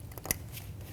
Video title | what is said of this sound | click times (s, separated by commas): How to Replace Exhaust Variable Valve Timing Solenoid 2016-2025 Chevrolet Malibu 1.5L L4 | give it a push till it clicks, | 0.3 s